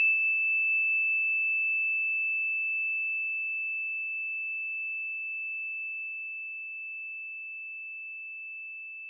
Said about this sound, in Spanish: El gong es un instrumento ancestral, es de origen asiático. Surge en el sudeste asiático, en la zona de Birmania, de China. Es un instrumento multivibracional. Tiene todas las vibraciones, de las más agudas a las más graves.